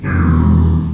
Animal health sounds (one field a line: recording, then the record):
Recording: squeal of a Yucatan mini pig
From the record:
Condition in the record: after surgery on the right vocal fold (resection and tissue-engineered implant)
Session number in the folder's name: 16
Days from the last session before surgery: 183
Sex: female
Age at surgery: 19 weeks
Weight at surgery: 25 kg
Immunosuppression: prednisolone